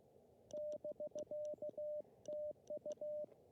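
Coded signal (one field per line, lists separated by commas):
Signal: Morse code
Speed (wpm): 16 wpm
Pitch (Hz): 600 Hz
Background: radio noise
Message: <BK>TU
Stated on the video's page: Morse heard during a desert park activation of Joshua Tree National Park, using a CHA LEFS antenna on a mast with drive-on support.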